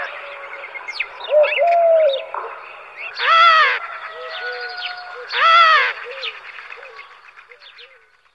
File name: Pticy Evropy - Gorlica kolchataya